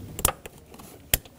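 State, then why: Seated. An airbag sensor wiring connector on a 2012-2017 Toyota Camry is pushed together by hand into its mating plug in the door/A-pillar area during a front upper door hinge replacement. Several short taps and clacks of handling sound first. A sharp, bright click at 1.1 s marks the connector latching fully seated.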